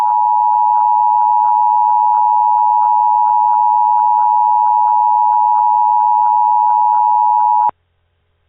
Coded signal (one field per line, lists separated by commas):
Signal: Emergency Alert System (SAME) tones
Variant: 853 and 960 Hz attention tone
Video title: EAS Mock: Mobius City Issues Blue Alert